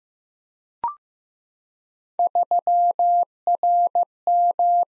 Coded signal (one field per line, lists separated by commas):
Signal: Morse code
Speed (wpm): 15 wpm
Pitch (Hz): 700 Hz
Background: none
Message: 3RM